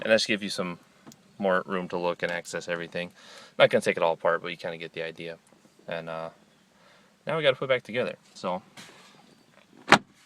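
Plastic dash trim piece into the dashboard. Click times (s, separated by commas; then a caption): 9.9 s. A plastic dash trim piece on a 2009 Pontiac Vibe AWD is pushed back into the dashboard during reassembly. Someone talks through most of the clip, then a loud, sharp click is heard at 9.9 seconds. The trim piece is seated back in place.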